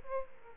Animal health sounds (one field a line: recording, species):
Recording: mosquito wingbeat signal from an infrared sensor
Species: Aedes aegypti